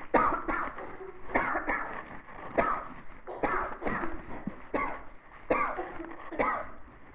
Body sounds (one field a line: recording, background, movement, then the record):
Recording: voluntary coughing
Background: a bystander coughing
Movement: walking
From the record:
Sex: female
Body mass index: 36.4 kg/m2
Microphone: on the chest, facing the body